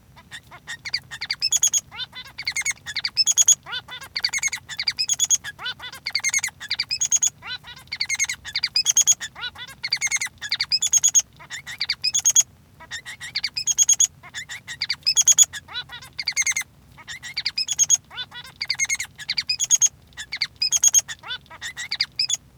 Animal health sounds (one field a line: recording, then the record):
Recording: song of a male Bengalese finch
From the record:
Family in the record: son of father 3